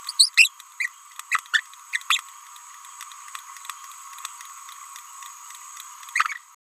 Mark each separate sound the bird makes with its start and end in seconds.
0.08-0.12, 0.19-0.30, 0.37-0.50, 0.80-0.91, 1.31-1.40, 1.53-1.62, 2.09-2.20, 6.15-6.24